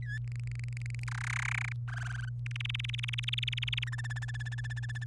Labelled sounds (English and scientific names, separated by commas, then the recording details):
Domestic Canary (Serinus canaria) song
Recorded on 27 April 2018 at 05:51
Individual llb3